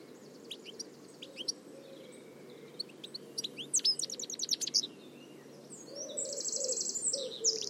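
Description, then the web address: Bird calls of high chirps and trilled note series, followed by a buzzy trill near the end, against a low rumbling background. "cianscape birddata Deverinetal 2025 Bird Only Ca Ca Ca Ca"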